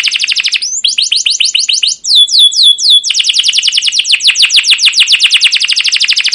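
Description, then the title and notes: Canary delivers fast trills of high notes, a short run of slower swooping whistles in the middle, then another long rapid trill. Long continuous 'cuit cuit ngerol' canary song, used as a lure and master recording for young canaries learning sounds, for training caged birds. "CUIT CUIT NGEROL LANGSUNG GACOR PANJANG Kenari Pancingan KENAR. PANCINGAN Kenari GACOR PANJANG Cuit CUIT EMOSI MASTERAN Kenari PAUD belajar BUNYI. burung kenari"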